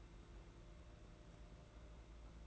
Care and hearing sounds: daily activity, microphone in the room; take from stove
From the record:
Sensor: 3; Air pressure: 992.0 hPa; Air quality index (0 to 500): 227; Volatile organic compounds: 1000 ppm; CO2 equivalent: 7830 ppm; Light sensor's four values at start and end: 25/74/30/25 and 25/74/30/25

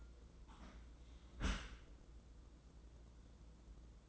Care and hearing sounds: daily activity, microphone in the room; close dishwasher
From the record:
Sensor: 3

